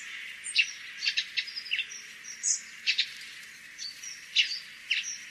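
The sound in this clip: Bird giving sharp chirps in irregular bursts.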